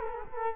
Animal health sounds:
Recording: mosquito wingbeat signal from an infrared sensor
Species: Culex quinquefasciatus

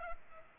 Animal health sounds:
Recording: mosquito wingbeat signal from an infrared sensor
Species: Culex pipiens

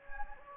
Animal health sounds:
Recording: mosquito wingbeat signal from an infrared sensor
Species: Anopheles gambiae

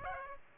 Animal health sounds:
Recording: mosquito wingbeat signal from an infrared sensor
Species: Aedes aegypti

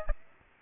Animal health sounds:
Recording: mosquito wingbeat signal from an infrared sensor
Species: Aedes aegypti

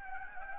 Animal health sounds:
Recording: mosquito wingbeat signal from an infrared sensor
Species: Anopheles gambiae

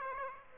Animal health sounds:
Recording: mosquito wingbeat signal from an infrared sensor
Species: Aedes aegypti

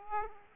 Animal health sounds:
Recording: mosquito wingbeat signal from an infrared sensor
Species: Aedes aegypti

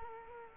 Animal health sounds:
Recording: mosquito wingbeat signal from an infrared sensor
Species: Culex quinquefasciatus

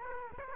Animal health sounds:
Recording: mosquito wingbeat signal from an infrared sensor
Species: Aedes aegypti

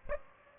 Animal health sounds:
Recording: mosquito wingbeat signal from an infrared sensor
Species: Aedes aegypti

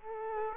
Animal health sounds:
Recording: mosquito wingbeat signal from an infrared sensor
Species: Aedes aegypti

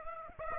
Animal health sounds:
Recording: mosquito wingbeat signal from an infrared sensor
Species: Aedes aegypti

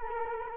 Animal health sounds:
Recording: mosquito wingbeat signal from an infrared sensor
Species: Culex quinquefasciatus

